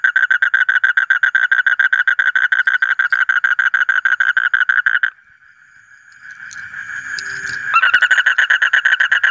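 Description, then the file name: Asian common toad giving a rapid pulsed trill, pausing for a couple of seconds with faint hiss, then resuming the same buzzy pulses. "suara kodok bangkong kolong kodok buduk"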